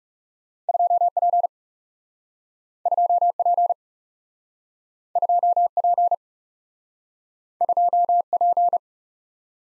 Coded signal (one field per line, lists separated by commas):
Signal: Morse code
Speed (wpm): 40 wpm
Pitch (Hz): 700 Hz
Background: none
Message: 2 P 2 P 2 P 2 P